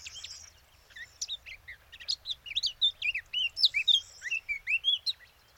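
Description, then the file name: Eurasian blackcap song: a fast, varied warble of rising and falling whistled notes that builds in loudness. "Sylvia atricapilla"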